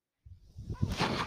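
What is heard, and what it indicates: A low rumble rising into a breathy whoosh: air pushed by a mechanical ventilator delivering a breath.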